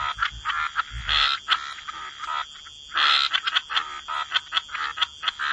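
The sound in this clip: Frog chorus of quick clicking and raspy croaks, thick at first and then breaking into scattered calls, with a low rumble early on.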